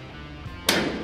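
A spring-loaded hinge pin at the top of a metal grill cabinet door is pressed down until it snaps into its hole in the grill cart frame. A low background hum runs until a sharp, bright snap at 0.7 s, followed by a short ringing decay. The pin seats in place and the door is fitted.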